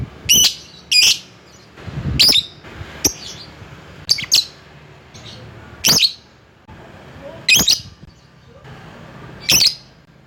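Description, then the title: Lovebird calls: loud harsh shrieking squawks at irregular intervals. Calling a rival. "Lovebird Memanggil Lawan"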